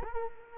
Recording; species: mosquito wingbeat signal from an infrared sensor; Culex quinquefasciatus